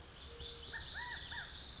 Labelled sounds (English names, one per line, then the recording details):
Lazuli Bunting
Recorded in Sonoma County, California